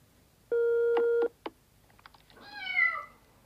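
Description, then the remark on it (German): A loud, steady electronic telephone tone ends abruptly, a few soft clicks follow, then a cat sitting beside the telephone lets out a single drawn-out meow over the phone line that swells and fades, with no one speaking. “Seit wann geht deine Katze ans Telefon?”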